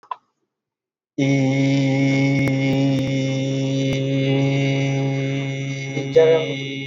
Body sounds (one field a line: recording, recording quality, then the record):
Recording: sustained vowel as in beet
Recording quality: excellent, no background noise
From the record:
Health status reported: healthy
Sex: male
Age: 31 years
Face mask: not worn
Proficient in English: yes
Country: India